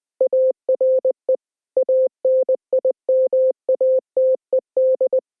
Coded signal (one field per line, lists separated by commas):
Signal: Morse code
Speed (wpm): 20 wpm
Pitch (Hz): 520 Hz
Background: none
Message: ARE ANIMATED